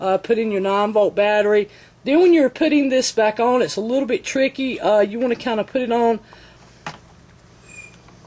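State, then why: Seated. Someone talks while fitting the plastic battery cover back onto a Tama RW105 Rhythm Watch metronome over its 9-volt battery. A short, sharp snap at 6.9 s marks the cover seating onto the housing.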